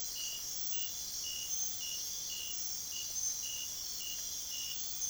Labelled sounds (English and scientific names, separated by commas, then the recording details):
none
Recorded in secondary vegetation near Puerto Asís, Putumayo, Colombia, on 23 June 2025 at 01:30
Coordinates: 0.500, -76.326
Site GP08